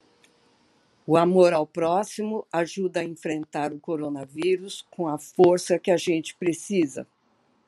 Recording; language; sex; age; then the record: spoken sentence; Brazilian Portuguese; female; 70 to 79 years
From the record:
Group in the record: control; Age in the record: 74 years